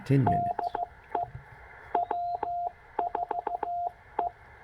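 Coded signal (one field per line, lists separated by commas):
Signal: Morse code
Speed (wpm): 15 wpm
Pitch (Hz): 700 Hz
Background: speech, radio noise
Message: DE W4E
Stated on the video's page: CW park activation at Stewart State Forest, Tennessee, keyed on a 1950s-60s Czech Army straight key with a Penntek TR45L; site has no RFI noise.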